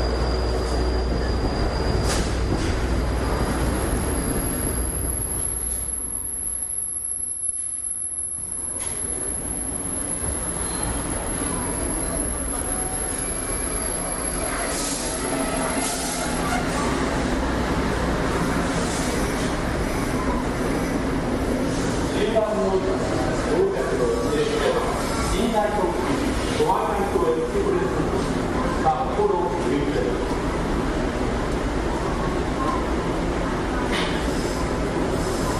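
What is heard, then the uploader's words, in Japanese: A long-distance train pulls into a large station, its steady low rumble filling the whole recording. A thin, high squeal of wheels or brakes rings through the first half, and from about twenty seconds on, voices and station chatter rise over the rolling train. トワイライトエクスプレスが大阪駅に入って来る時の音声です。トワイライトエクスプレスの到着音声。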